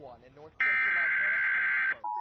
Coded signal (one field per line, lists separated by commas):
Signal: Emergency Alert System (SAME) tones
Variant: header bursts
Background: speech